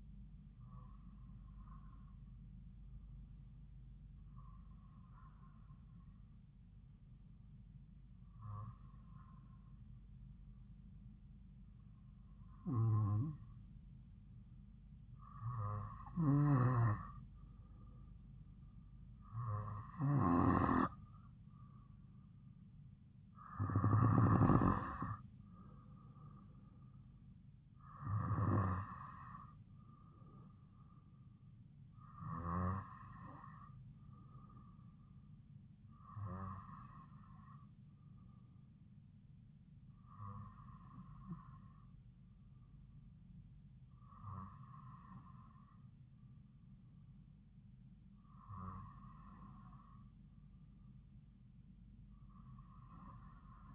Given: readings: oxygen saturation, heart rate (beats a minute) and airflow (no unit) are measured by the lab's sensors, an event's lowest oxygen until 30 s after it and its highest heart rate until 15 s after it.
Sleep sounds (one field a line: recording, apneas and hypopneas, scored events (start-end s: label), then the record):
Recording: breathing in sleep by a smartphone at the bedside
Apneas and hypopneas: none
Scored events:
none scored
From the record:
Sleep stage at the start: N2 (light sleep)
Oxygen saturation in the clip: 93 to 95%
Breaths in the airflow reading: 13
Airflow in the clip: -3.3 to 2.8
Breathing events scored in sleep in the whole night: 270 in 6.1 hours asleep